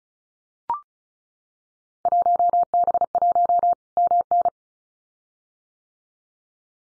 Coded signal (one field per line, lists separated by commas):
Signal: Morse code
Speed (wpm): 35 wpm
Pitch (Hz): 700 Hz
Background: none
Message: 1B1 MN